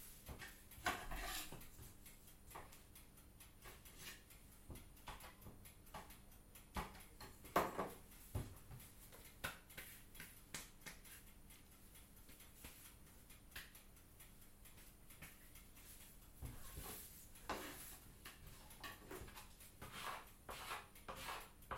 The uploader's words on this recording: Early morning Valencian bakery ambience. It's 04:30 AM in one of Valencia's oldest bakeries, Forn Desamparats. The bakery assistant begins preparations before opening at 06:30 AM. The baker meticulously measuring ingredients, the kneading of dough, and the clinking of baking utensils. Recorded by Carlos Berrizbeitia.